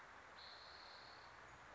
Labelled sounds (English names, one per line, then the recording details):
Spotted Towhee
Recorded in Sonoma County, California